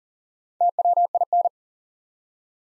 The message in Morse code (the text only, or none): TWIN